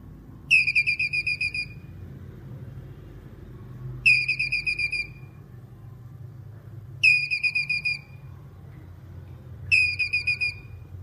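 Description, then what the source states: Squirrel chattering call, four evenly spaced bursts roughly every three seconds, each a rapid run of seven or eight shrill chirps, soft hum behind. Male squirrel calling.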